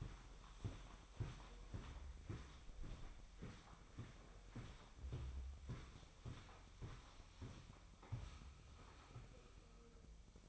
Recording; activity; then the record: daily activity, microphone in the room; walk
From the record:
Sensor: 1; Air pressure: 1009.4 hPa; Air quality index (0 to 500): 186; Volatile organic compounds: 4 ppm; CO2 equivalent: 1571 ppm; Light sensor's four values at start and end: 51/136/56/68 and 50/134/55/67